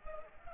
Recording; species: mosquito wingbeat signal from an infrared sensor; Culex pipiens